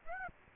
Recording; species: mosquito wingbeat signal from an infrared sensor; Aedes aegypti